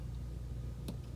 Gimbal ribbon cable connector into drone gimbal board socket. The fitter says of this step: snaps right in place it's